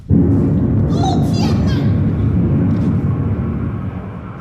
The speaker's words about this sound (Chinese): 又一颗炸弹爆炸了，所有人的心立刻吊了起来。